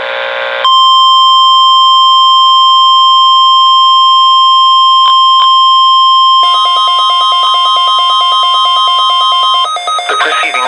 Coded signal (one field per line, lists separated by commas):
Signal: Emergency Alert System (SAME) tones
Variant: 1050 Hz attention tone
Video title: Midland WR-120 and Uniden BC75XLT Required Weekly test